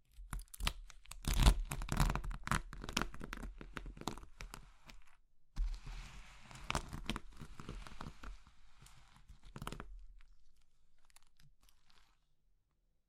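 Crushing sounds of something brittle like chalk, soap or meringue, with dense crackling and crunching from the start to about five seconds. After a brief pause, a softer, grainier crumbling follows until near ten seconds, then sparse small crackles fade to silence.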